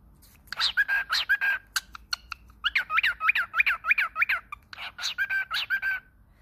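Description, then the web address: Cockatiel calls: a run of quick, looping chirps in the middle, framed by harsher squawky notes. Lotino (lutino) cockatiel. "Voice lotino Cockatiel"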